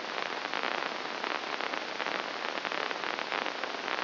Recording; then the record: brain microelectrode recording played as sound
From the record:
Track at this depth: inside the subthalamic nucleus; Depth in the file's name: 3.502 mm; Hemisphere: left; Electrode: 2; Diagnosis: Parkinson's disease